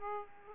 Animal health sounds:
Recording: mosquito wingbeat signal from an infrared sensor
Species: Aedes aegypti

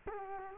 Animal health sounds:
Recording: mosquito wingbeat signal from an infrared sensor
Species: Culex quinquefasciatus

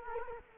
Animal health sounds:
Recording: mosquito wingbeat signal from an infrared sensor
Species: Culex quinquefasciatus

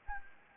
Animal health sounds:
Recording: mosquito wingbeat signal from an infrared sensor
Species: Anopheles gambiae

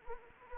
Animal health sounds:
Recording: mosquito wingbeat signal from an infrared sensor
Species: Anopheles arabiensis

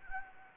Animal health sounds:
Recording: mosquito wingbeat signal from an infrared sensor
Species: Anopheles gambiae

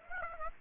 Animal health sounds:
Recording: mosquito wingbeat signal from an infrared sensor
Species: Aedes aegypti

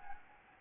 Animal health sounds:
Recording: mosquito wingbeat signal from an infrared sensor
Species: Anopheles gambiae

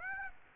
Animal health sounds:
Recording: mosquito wingbeat signal from an infrared sensor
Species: Aedes aegypti

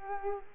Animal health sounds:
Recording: mosquito wingbeat signal from an infrared sensor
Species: Culex quinquefasciatus

